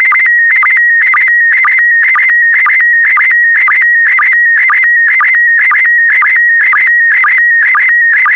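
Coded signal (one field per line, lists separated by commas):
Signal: SSTV (slow-scan television)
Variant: PD120 mode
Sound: warbling whistle around 2 kHz with short low chirps about twice a second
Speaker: 5, 4, 3, 2, 1. Transmission complete. You can now check your decoded image against the picture that is shown on the video.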